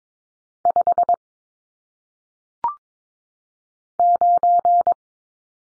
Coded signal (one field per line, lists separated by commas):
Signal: Morse code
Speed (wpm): 22 wpm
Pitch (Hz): 700 Hz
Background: none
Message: 5 9